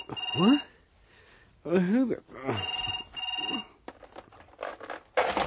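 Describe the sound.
A telephone bell rings in repeated bright, high-pitched bursts at the Hôtel des Vosges in the morning, a call that wakes a man from deep sleep, while a drowsy voice makes wordless groaning sounds in between and over the rings.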